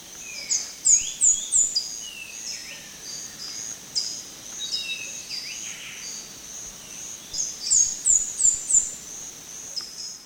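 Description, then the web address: Speckled spinetail calling in two quick runs of high, thin, sharp notes about seven seconds apart, over a constant insect hum, with scattered lower notes between. Recorded in the eastern lowlands of South America. "Natures Songs S America Eastern Lowlands. Speckled Spinetail"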